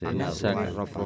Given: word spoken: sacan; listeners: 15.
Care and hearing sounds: one Spanish word in noise, from a listening test; four-talker babble; -1.9 dB; 0 of 15; 8 of 15; 0.66 s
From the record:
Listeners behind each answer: 8, 2, 1, 1, 1, 1, 1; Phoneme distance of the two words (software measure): 45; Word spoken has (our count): 2 syllables, 5 phonemes, stress on syllable 1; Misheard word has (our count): 2 syllables, 6 phonemes, stress on syllable 2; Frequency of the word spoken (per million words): 7.34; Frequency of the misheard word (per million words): 136.86

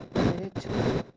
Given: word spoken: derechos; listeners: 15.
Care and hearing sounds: one Spanish word in noise, from a listening test; noise modulated by one talker; -12.6 dB; 0 of 15; 14 of 15; 0.78 s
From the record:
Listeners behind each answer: 14, 1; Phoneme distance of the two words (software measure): 7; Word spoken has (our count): 3 syllables, 7 phonemes, stress on syllable 2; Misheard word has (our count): 3 syllables, 6 phonemes, stress on syllable 2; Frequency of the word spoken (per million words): 150.68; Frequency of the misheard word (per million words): 261.79

